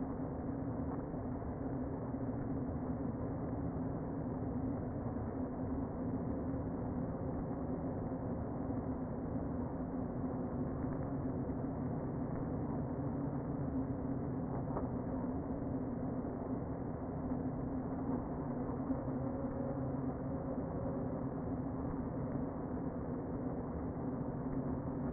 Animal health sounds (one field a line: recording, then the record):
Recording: honeybee colony, microphone inside the hive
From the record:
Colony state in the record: queen present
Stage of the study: before two queens were removed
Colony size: about 60,000 bees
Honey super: yes